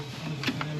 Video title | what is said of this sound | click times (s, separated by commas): THEY DONT MAKE THEM LIKE THIS ANYMORE!!!!! PEUGEOT 406 HDI TIMING BELT REPLACEMENT....... | That is now locked in. | 0.6 s